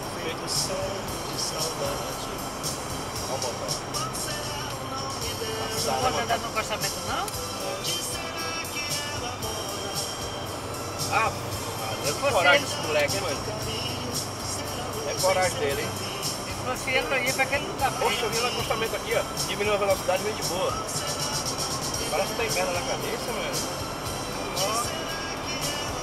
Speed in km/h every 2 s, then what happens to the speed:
153, 146, 137, 137, 140, 143, 146, 148, 152, 155, 156, 159, 162.
0-6 slows to 137. 6-26 speeds up to 162.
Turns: none.